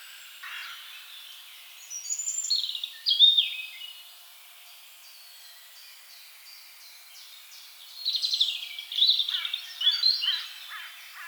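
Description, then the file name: Eurasian blackcap song in two bursts several seconds apart, each a varied warble of chattering and fluting notes. "Sylvia atricapilla"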